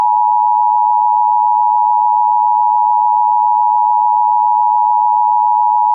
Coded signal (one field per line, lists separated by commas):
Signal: Emergency Alert System (SAME) tones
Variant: 853 and 960 Hz attention tone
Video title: (EAS Mock/MUST SEE) Tornado Warning For San Mateo With TOM VOICE